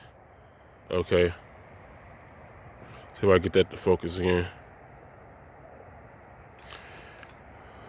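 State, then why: Not seated. On a 2000–2007 Toyota Highlander, the wiper arm's hook is fed through the plastic wiper blade adapter and lined up before the blade is pulled down to lock. Someone talks in the first half, followed by quiet handling with faint ticks around 6.7 s and 7.2 s. The blade has not yet clicked or locked onto the arm.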